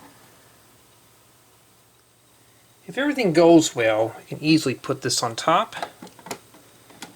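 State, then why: Seated. After about three seconds of near silence, someone talks while the top section of a plastic brick shelter model is lowered onto the brick structure and pressed down so its studs engage. Sharp, fast-decaying clicks at 6.3 s and 7.0 s mark the roof section snapping into place, seated.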